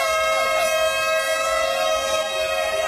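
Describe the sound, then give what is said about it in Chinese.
A loud horn blast holds one steady, buzzy pitch for the full few seconds without a break, signaling the start of the annual 32nd Lugouqiao Xingshi cross-country run at the Beijing Garden Expo Park. No one speaks over it. “随着鸣笛发令，一年一度的卢沟桥醒狮越野跑活动开始。”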